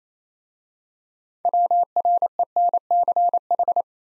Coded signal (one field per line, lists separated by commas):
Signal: Morse code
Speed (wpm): 28 wpm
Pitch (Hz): 700 Hz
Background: none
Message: WRENCH